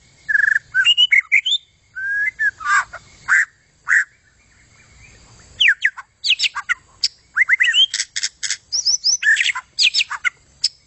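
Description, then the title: White-rumped shama song with whistled phrases and harsh, squawky chatter, a pause, then busy bursts of high sweeping notes and clicks. "kicau murai batu panjang"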